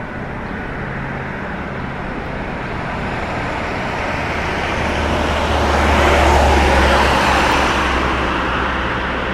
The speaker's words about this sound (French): puisqu'on est à Digne, on est dans une lisière de ville, une petite ville, entre la campagne et la ville, on entend la ville. Et on entend aussi d'autres choses, je ne vais pas dévoiler.